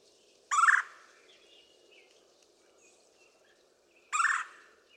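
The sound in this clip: Red-bellied woodpecker giving two harsh, rolling kwirr calls a few seconds apart, each short and buzzy, with quiet faint bird notes in the background.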